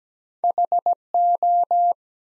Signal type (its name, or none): Morse code